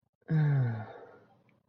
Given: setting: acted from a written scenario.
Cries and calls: vocal sound without words; serenity

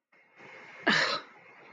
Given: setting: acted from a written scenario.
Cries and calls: vocal sound without words; contempt

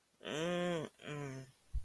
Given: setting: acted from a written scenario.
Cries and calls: vocal sound without words; disgust

